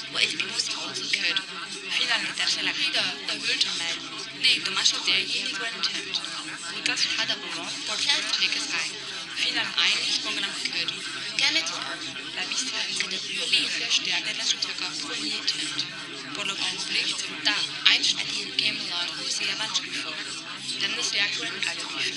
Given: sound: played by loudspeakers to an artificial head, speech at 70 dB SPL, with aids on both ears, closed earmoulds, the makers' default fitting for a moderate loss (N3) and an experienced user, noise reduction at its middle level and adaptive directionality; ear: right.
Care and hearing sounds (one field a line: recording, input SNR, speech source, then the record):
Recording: speech test signal (ISTS) in cocktail-party noise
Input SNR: -6 dB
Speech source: on the right (90 degrees)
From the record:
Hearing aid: class 1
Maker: B